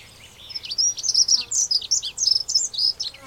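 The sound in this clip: Dunnock singing a fast, high, jingling warble of squeaky notes tumbling up and down for about three seconds, with faint background hiss.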